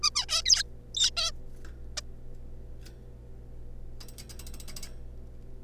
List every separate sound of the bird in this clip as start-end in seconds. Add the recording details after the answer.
0.03-0.10, 0.15-0.25, 0.29-0.42, 0.46-0.63, 0.95-1.10, 1.17-1.31, 1.97-2.00. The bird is a juvenile. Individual R3549